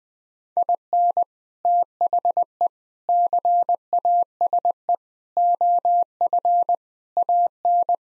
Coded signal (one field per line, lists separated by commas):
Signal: Morse code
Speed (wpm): 21 wpm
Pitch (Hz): 700 Hz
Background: none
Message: IN THE CASE OF AN